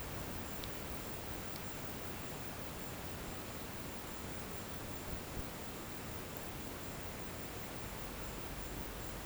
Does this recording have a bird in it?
no